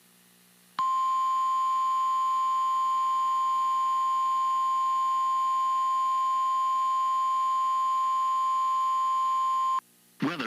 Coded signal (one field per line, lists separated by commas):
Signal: Emergency Alert System (SAME) tones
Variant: 1050 Hz attention tone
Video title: Severe Thunderstorm Warning Pennsylvania Noaa Weather Radio Station KIH 35 Pittsburgh PA 7/5/26